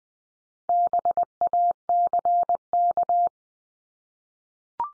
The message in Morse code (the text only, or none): BACK